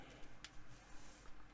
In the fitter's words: that's interesting I clicked it in maybe before I shouldn't have I'm